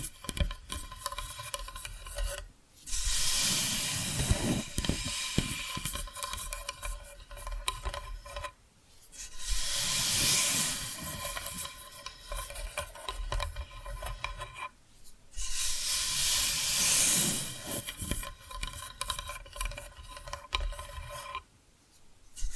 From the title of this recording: Hypnotic Tapping & Scratching Sounds